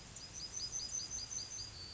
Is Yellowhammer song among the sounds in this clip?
yes